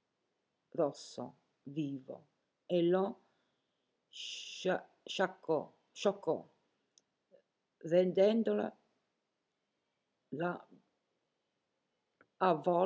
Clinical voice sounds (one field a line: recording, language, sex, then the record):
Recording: read passage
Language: Italian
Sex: female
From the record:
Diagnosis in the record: healthy control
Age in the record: 70 years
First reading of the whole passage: 149 s, 3.0 characters per second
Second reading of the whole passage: 105 s, 4.4 characters per second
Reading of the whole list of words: 65 s, 4.0 characters per second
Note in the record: marked for poor recording quality or reading difficulty